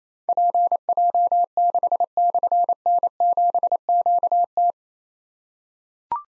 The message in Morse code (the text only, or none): PJ6/N7QT